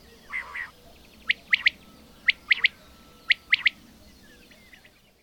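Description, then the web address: Bird song: sharp chirps in clusters of three roughly every second, opened by two lower nasal calls. "madarak enek"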